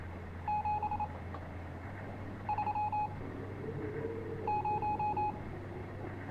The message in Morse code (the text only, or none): 7 3 0